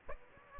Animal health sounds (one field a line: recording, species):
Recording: mosquito wingbeat signal from an infrared sensor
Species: Aedes aegypti